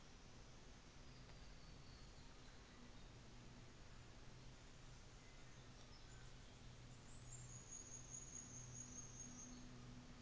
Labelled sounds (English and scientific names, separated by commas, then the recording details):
New Zealand Fantail (Rhipidura fuliginosa)
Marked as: faintness 5/5, faintness 1/5
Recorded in New Zealand on 24 December 2018
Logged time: 13:00